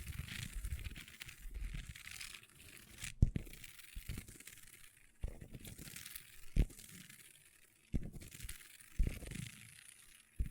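Long nails scratch and scrape across a table in uneven bursts, with sharp taps landing around 3, 6.5, 8, 9 and 10.5 seconds.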